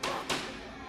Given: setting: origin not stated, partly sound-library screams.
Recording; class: one-second piece from a danger detection set; woman in danger